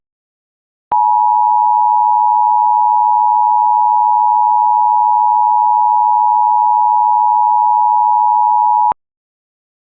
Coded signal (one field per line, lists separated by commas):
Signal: Emergency Alert System (SAME) tones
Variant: 853 and 960 Hz attention tone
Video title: IPAWS EAS Child Abduction Emergency New Mexico (06/08/26)